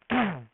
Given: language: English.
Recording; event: throat vibration sensor signal played as sound; throat clearing